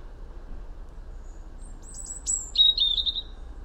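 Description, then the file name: European robin singing a brief high phrase of thin whistles and a quick trill near the end, with faint low background hiss. "Erithacus rubecula"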